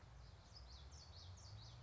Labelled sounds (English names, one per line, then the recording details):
Common Yellowthroat
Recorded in Sonoma County, California